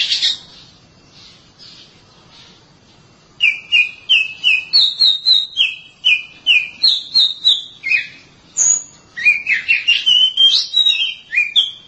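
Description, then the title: Oriental magpie-robin singing, quiet at first, then a steady run of short clear whistled notes alternating between two pitches, ending in a faster, more varied jumble of phrases. Long-duration song. "Kacer Durasi Panjang"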